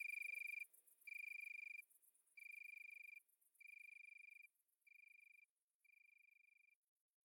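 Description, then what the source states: Italian tree cricket giving soft trills of about half a second to a second, gradually fading away, with faint high insect pulsing in the background. Recorded at midnight at Le Puech, Cantal.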